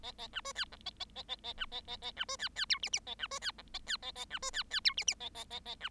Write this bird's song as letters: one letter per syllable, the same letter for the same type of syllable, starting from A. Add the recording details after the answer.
A A B C D E A A A A A B A A A B C D D F G G A B C D E A D A A B C D D F G G A A A A B. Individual Bird7